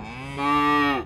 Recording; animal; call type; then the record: contact call of a hoofed animal; cattle; low-frequency (closed-mouth) or high-frequency (open-mouth) call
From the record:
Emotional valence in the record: negative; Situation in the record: full separation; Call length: 1.05 s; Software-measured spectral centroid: 2040 Hz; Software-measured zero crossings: 2150 a second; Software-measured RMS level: -23 dBFS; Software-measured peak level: -10 dBFS